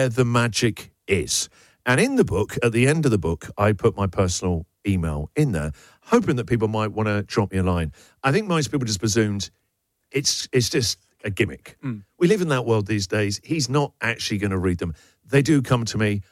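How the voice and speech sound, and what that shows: An adult male radio host speaks fluently in a relaxed conversational tone, with ordinary pauses and clear, typical voice and articulation.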